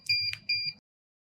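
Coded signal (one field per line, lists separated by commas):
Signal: beep code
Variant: USAutomatic wireless keypad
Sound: two short high-pitched electronic beeps separated by a brief click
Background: low hum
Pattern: 2 short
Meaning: Confirms the access code was programmed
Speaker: now my code is programmed to channel one on the keypad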